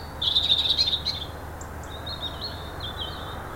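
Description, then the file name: European robin song: a loud warbled trill near the start, then thinner high wavering notes fading out, over a steady low hum. "Erithacus rubecula"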